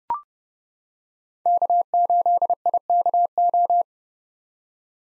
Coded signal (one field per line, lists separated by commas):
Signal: Morse code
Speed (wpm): 30 wpm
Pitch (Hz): 700 Hz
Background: none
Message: K8IKO